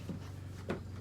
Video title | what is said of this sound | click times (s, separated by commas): Lexus SC300/400 Side Skirt Install | That's when you know it'll pop in. This side is in, | 0.7 s